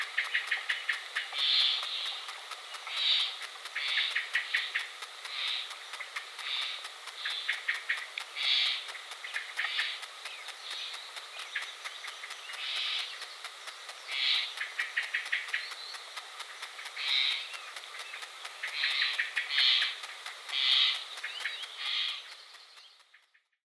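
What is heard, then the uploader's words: Sap rising in a sycamore makes a dense, steady fizz of tiny high clicks and crackles, with brighter bursts every second or two. Sap Rising in Sycamore.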